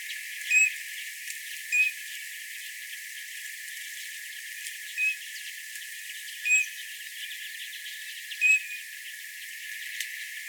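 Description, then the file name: Eurasian bullfinch giving soft, short piping whistles, five plaintive notes at irregular intervals over a faint hiss. "Pyrrhula pyrrhula"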